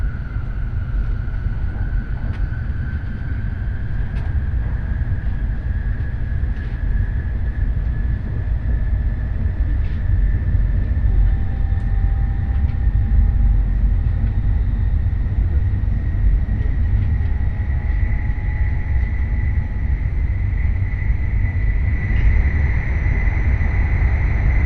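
A Nishi-Kyushu Shinkansen Kamome train runs with a steady heavy rumble, a motor whine slowly climbing in pitch, and scattered faint clicks.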